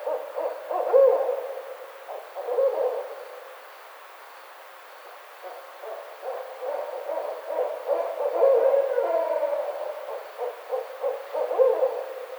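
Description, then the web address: Barred owl bursts of fast, rhythmic low hoots, a quiet pause midway, then renewed excited hooting with wavering slurred notes. Recorded on 29 May 2009. "Barred Owl 2009 05 29 Barred Owl"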